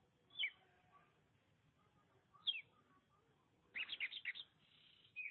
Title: Suara Kicauan Burung Kacer